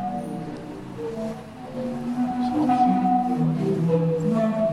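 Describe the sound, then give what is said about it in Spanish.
A sea organ with 35 pipes, built by an architect in a remodelling, sounds as waves push air through them, producing overlapping sustained tones that rise and fall in pitch, steady and moderately loud over a soft wash of water noise. “Son los sonidos del mar.”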